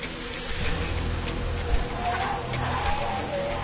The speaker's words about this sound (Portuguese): O carro chegou.